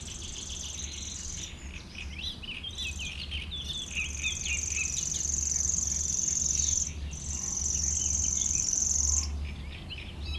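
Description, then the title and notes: Common Grasshopper Warbler reeling: a high, dry, even trill held for several seconds, broken by brief pauses, with chattering songs of other birds beneath. Rare bird in a reedbed at Châtillon beach, north of Lac du Bourget, France. "Dans la roselière de la plage de Châtillon au Nord du lac du Bourget, une rare locustelle tachetée"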